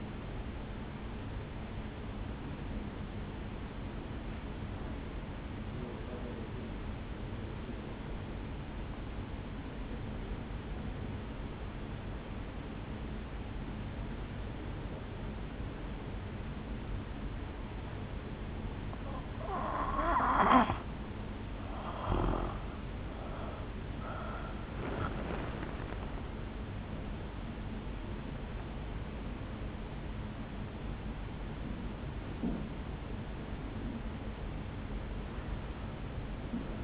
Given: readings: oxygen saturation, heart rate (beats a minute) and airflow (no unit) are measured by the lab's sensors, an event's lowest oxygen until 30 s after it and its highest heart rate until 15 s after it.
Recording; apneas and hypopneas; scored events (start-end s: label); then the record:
breathing in sleep by a voice recorder at the bedside; 1
5.00-21.60 s: obstructive apnea (N2, oxygen 95% highest, then 83% lowest, heart rate 53 at the start, 76 highest)
26.00-36.83 s: new sleep stage, N1 (lightest sleep)
From the record:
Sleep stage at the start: N2 (light sleep); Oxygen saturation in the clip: 85 to 95%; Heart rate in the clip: 53 to 76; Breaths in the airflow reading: 7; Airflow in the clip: -8.5 to 7.3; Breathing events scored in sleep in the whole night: 449 in 7.0 hours asleep